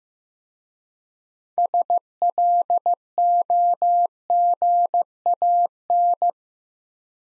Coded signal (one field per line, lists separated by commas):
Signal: Morse code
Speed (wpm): 15 wpm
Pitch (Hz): 700 Hz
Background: none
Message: SLOGAN